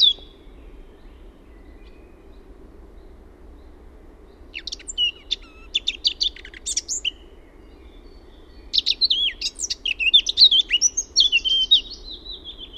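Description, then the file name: Eurasian blackcap singing: a subdued, scratchy twittering passage builds from about 4.5 seconds, then breaks into rich, loud fluty whistles rising and falling, with steady low background hum. "MUSTAPAAKERTTU"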